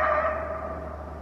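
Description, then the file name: Coyote howl, a single sustained, slightly wavering note that fades over about a second, with a steady low hum underneath. Lone coyote, recorded at 18:40 on 28 January 2012. "lone coyote 1840 hrs 1-28-12"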